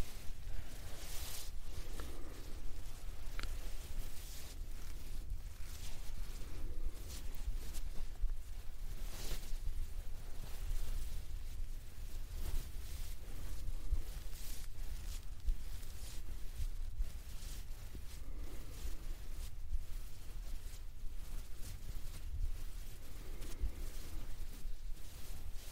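Soft pillow touching and tapping, a dense run of brushing and light thumps with a steady low rumble underneath throughout.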